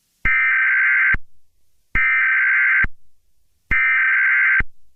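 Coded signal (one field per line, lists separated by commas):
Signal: Emergency Alert System (SAME) tones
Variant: header bursts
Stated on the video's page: EAS tones used as a sound effect, possibly valid or invalid, in a podcast about fictional EAS scenarios.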